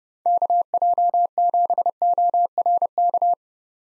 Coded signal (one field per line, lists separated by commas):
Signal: Morse code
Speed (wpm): 30 wpm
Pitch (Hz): 700 Hz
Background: none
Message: KJ7ORK